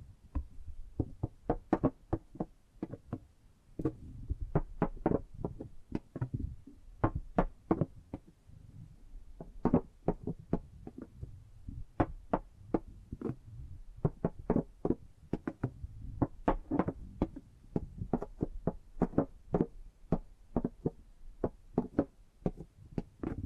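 Tapping and gripping sounds: sharp knocks come in quick, uneven bursts for the whole clip, a few per second, with short pauses between clusters. Each tap is crisp and bright over a low rumbling, rubbing undertone.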